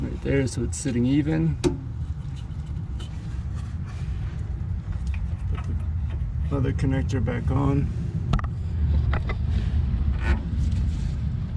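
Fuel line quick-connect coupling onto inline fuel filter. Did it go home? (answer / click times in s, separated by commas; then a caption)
no / none. Someone talks while pushing the second fuel line quick-connect back onto the new inline fuel filter on the frame rail of a 2008 Ford F150, over a steady low rumble with brief sharp taps and handling noises. The connector has not seated or clicked yet.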